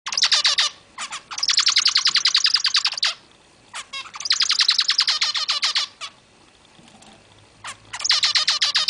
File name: zebra finch sound